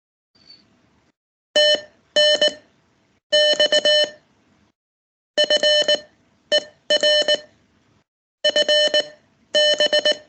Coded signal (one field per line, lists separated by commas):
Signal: Morse code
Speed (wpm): 18 wpm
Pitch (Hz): 600 Hz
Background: none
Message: TNX FER FB